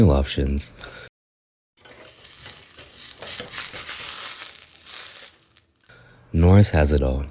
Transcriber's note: sound effect: burger sizzling on grill